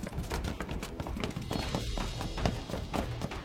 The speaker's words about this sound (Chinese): 我们正说着，忽然远处传来一阵慌乱的，然后是纷杂的脚步声，一个人在高喊， 医生，快叫医生来。